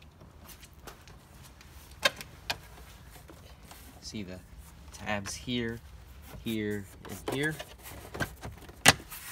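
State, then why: Not seated. An instrument cluster from a 1998 Porsche Boxster is handled at its dashboard opening, with its retaining tabs in view, while someone talks. Short, sharp knocks and taps sound around 2.1, 2.5 and 8.9 seconds over a quiet background. The cluster has not seated or clicked into place yet.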